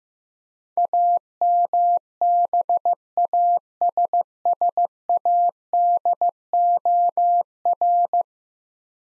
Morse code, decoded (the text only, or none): AMBASSADOR